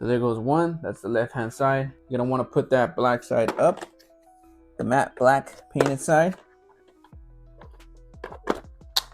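Someone talks while the second side wing of a plastic G.I. Joe HasLab Dragonfly XH-1 toy helicopter is fitted, matte black painted side up, onto its peg on the helicopter body. After a few faint handling taps, a sharp little click at 9.0 s marks the wing seating in place.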